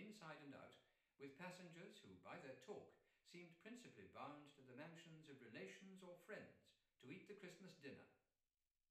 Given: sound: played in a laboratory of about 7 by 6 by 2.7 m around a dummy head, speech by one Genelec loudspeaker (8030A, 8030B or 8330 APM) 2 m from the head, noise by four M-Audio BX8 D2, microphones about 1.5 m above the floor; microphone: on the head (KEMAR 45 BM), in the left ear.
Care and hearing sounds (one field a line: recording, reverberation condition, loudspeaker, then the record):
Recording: male speech in English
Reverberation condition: medium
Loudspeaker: 150 degrees to the left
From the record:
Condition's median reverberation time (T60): about 510 ms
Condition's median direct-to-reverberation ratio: about -0.5 dB